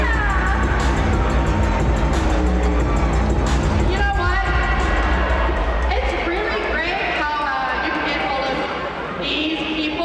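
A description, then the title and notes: Wrestling event in a large indoor arena: a man's amplified voice talks over a dense, steady roar of crowd noise and a deep, constant low rumble. The sound stays loud throughout, with a sharp, bright burst near the end. Wwe wrestling at Barclay center. Wrestling sounds.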